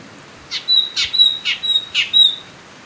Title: Myiothlypis Nigrocristata